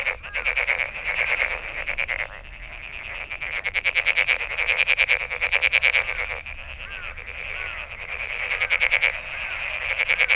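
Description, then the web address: A frog chorus of quick, buzzy pulsed trills that overlap almost without pause, with occasional short chirps mixed in. Recorded 23 May 2008. "frog frog 20080523"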